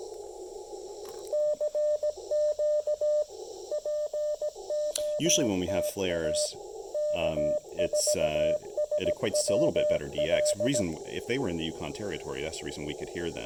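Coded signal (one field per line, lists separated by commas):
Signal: Morse code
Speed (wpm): 17 wpm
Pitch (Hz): 600 Hz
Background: speech, radio noise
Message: CQ POTA K4SWL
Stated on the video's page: QRP CW park activation at 5 watts using 28.5 feet of speaker wire as the antenna.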